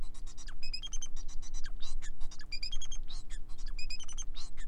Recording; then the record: song of a male Bengalese finch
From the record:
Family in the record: son of father 4